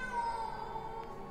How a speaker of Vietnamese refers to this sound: Con mèo đen trông giống như là một con báo đen thu nhỏ đang ngồi ở dưới gầm bàn tự bao giờ. Con mèo rít lên những tiếng ghê rợn, làm cho mụ Dương đã sợ, nay lại càng thêm sợ.